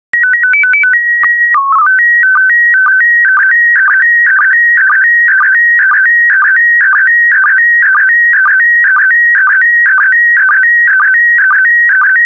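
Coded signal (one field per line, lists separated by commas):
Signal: SSTV (slow-scan television)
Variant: PD 120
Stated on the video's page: SSTV images sent in PD120 mode for decoding practice.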